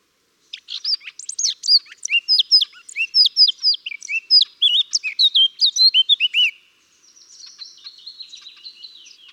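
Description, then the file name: Eurasian blackcap singing a loud run of quick, varied whistled notes for about six seconds, then a quiet, scratchy twittering to the end. "Sylvia atricapilla"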